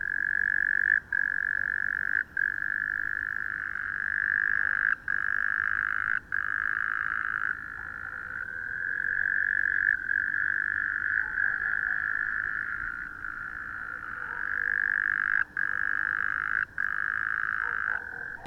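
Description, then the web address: Frog chorus forming an even, mid-pitched drone, interrupted by several short gaps at irregular intervals. Recorded 11 January 2014. "frog rec 20140111"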